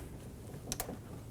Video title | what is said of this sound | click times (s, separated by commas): How to Replace Front Door Lock Actuators 2008-2015 Scion xB | Install the connector for the door lock actuator. Push until you hear a click. | 0.7 s